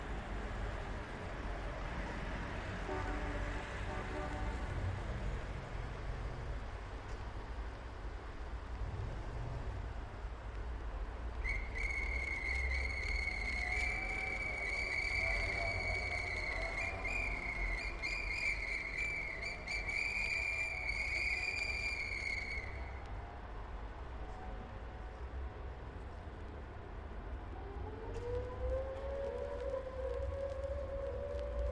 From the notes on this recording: automobiles, trucks, construction equipment, mopeds and motorcycles, buses, street sounds and a variety of police and ambulance sirens